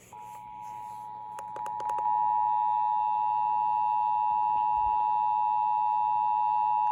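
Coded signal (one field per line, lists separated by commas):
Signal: Emergency Alert System (SAME) tones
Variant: 853 and 960 Hz attention tone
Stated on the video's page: Pennsylvania Required Monthly Tests received on WRQI 107.7 FM and Comcast Xfinity cable.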